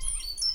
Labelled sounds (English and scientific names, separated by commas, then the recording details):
Stitchbird (Notiomystis cincta) song
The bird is a male
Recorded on Tiritiri Matangi Island, New Zealand, in 2005
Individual 4, of nest box 4